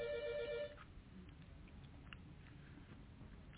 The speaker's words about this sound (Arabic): تلفون بيضرب.